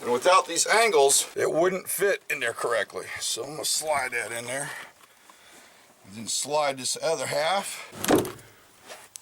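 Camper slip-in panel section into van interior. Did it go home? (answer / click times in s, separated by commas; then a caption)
yes / 9.2 s. The second half of a camper slip-in panel section is slid into the van interior while someone talks, with soft scraping and shuffling under the speech. A single sharp knock lands at 9.2 s as the panel half sits flush against the side wall and locks into place.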